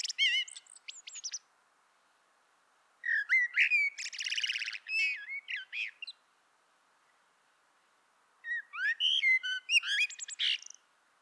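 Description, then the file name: Common blackbird singing: three phrases of warbled whistles mixed with thin, scratchy high twitters, separated by quiet gaps. "Turdus merula"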